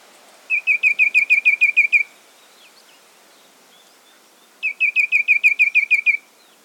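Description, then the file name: Ashy tit calling: a rapid run of about ten harsh notes, a pause of over two seconds, then a second similar run. "Golosa ptic - Pepelnaya sinica Melaniparus cinerascens"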